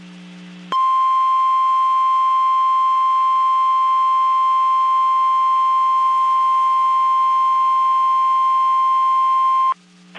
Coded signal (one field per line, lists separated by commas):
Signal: Emergency Alert System (SAME) tones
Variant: 1050 Hz attention tone